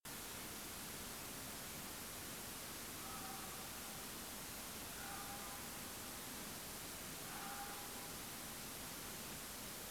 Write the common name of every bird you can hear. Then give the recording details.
none. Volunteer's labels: Autre biophonie Vulpes vulpes. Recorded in France